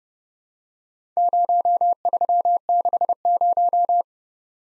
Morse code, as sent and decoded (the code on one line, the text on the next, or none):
----- ...-- -.... -----
0360